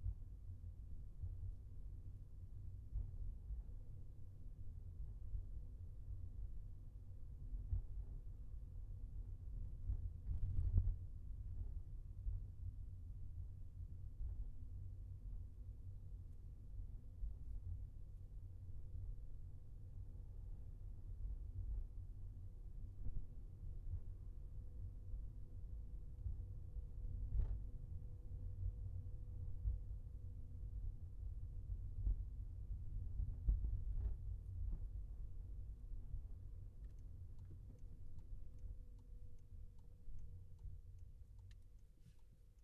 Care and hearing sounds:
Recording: everyday scene through a hearing-aid microphone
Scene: in a vehicle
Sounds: engine, highway traffic jam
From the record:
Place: Skoda Fabia, gasoline engine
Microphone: behind the ear, left, front

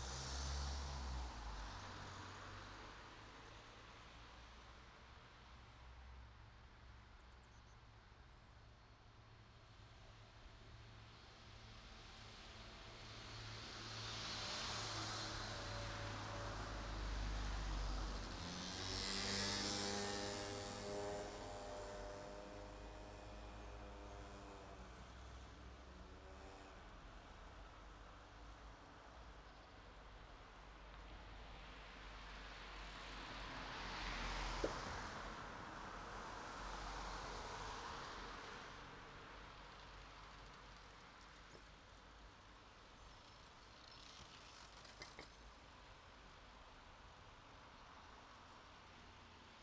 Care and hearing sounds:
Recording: everyday scene through a hearing-aid microphone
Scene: in traffic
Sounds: traffic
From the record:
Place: city secondary road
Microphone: in the ear canal, right

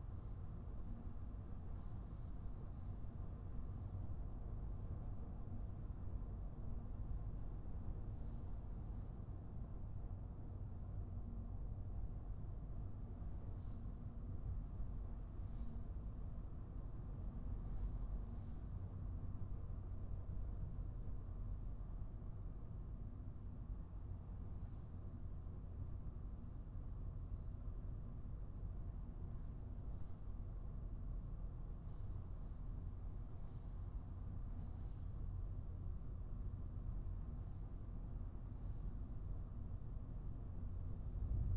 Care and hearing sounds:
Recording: everyday scene through a hearing-aid microphone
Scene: in a vehicle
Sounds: engine, highway driving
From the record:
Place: Skoda Fabia, gasoline engine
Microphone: behind the ear, right, front

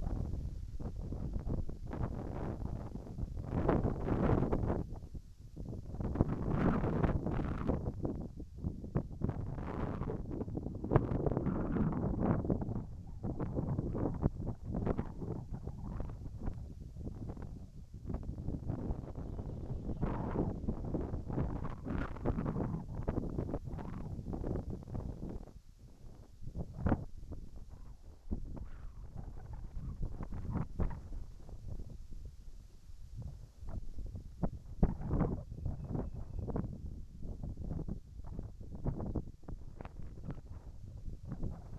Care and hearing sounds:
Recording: everyday scene through a hearing-aid microphone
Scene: wind on the microphone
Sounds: wind, whistling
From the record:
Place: in front of a rural house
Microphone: behind the ear, right, front

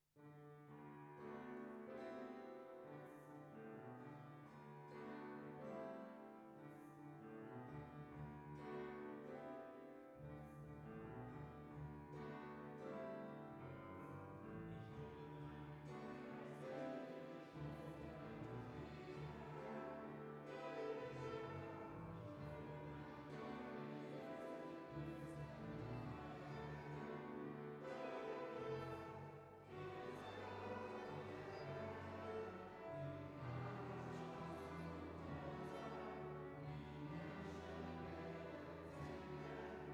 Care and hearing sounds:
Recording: everyday scene through a hearing-aid microphone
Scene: reverberant space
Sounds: music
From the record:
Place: church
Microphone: behind the ear, right, rear

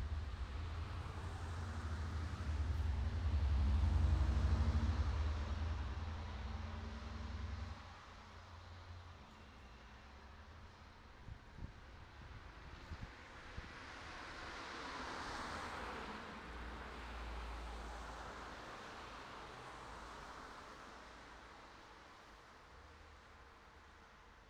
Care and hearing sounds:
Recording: everyday scene through a hearing-aid microphone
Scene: in traffic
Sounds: traffic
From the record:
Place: city secondary road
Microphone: in the ear canal, right

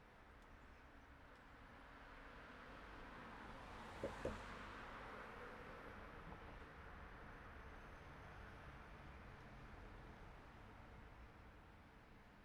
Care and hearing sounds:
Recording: everyday scene through a hearing-aid microphone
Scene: in traffic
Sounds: traffic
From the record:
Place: city secondary road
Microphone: behind the ear, right, rear

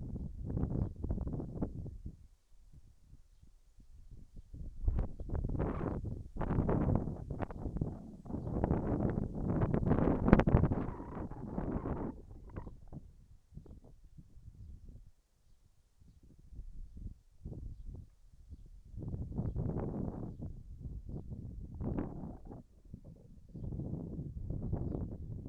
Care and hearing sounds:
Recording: everyday scene through a hearing-aid microphone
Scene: wind on the microphone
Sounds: wind, whistling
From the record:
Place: in front of a rural house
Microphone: behind the ear, left, front

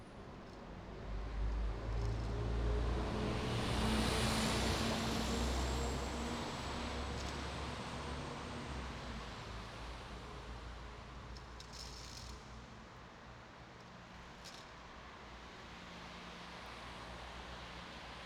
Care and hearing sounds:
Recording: everyday scene through a hearing-aid microphone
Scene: in traffic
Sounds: traffic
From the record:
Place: bus stop on a city main road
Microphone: in the ear canal, right

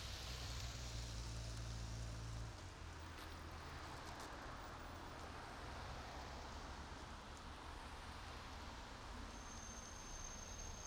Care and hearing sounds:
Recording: everyday scene through a hearing-aid microphone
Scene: in traffic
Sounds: traffic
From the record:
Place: main road on the outskirts, rush hour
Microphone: in the ear canal, right

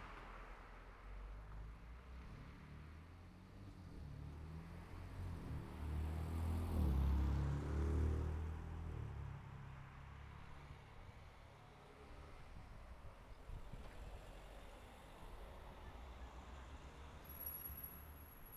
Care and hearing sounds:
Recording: everyday scene through a hearing-aid microphone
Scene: in traffic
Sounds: traffic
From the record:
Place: city secondary road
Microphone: behind the ear, right, rear

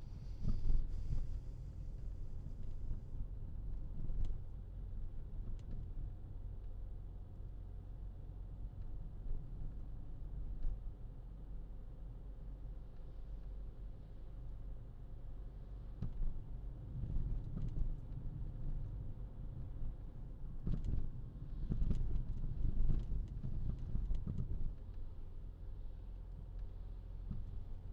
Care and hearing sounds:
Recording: everyday scene through a hearing-aid microphone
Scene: in a vehicle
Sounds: engine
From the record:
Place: Berlingo II, diesel engine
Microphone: in the ear canal, left

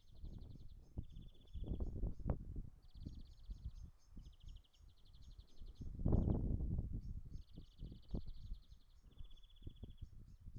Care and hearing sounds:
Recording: everyday scene through a hearing-aid microphone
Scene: wind on the microphone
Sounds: wind, traffic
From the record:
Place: in front of a rural house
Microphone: behind the ear, right, rear

